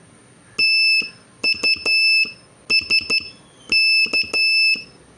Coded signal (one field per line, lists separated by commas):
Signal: Morse code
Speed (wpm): 12 wpm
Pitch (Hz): 2650 Hz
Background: none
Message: TUSK